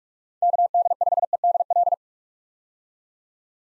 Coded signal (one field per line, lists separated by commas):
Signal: Morse code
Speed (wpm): 46 wpm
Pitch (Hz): 700 Hz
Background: none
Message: KD5EDL